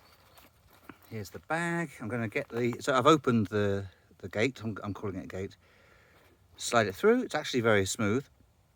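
Someone talks while handling the strap attachment of a Fjällräven Kånken Hip Pack Plus, sliding the strap through the opened gate before the plastic strap lock is pushed on. A brief sharp sound occurs near 0.9 s amid the handling. The strap lock has not yet clicked into place.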